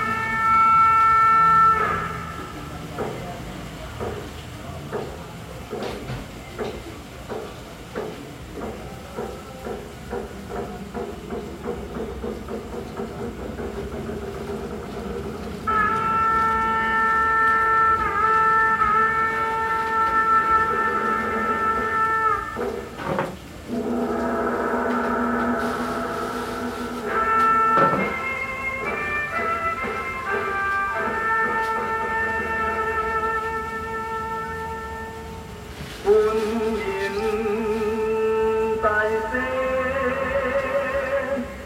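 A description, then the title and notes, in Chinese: A festival theme song plays on a loop inside a temple's small main hall, a steady melody of clear sustained tones. Evenly spaced beats tick through the first fifteen seconds, then the music swells fuller, with a brief dip near 23 seconds and sharp bright accents around 26 and 36 seconds. 被民宅包圍的廟的小小主殿內，循環播放著慶典主題歌。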